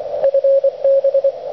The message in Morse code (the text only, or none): FB